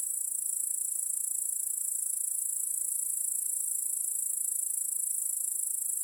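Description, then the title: Crickets chirp in a loud, even high-pitched chorus with a fine pulsing texture throughout. Cricket chorus in a backyard at night. "Crickets in Your Backyard 🏡"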